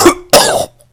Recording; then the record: coughing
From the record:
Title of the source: Coughing 79